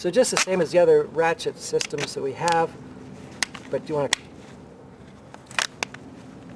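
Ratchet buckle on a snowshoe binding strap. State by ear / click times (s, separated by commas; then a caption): released / 5.8 s. Someone talks, then a plastic ratchet buckle on a snowshoe binding strap is opened with a few sharp clicks. It clicks into its open position at 5.8 seconds, releasing the strap so it can slide in and out.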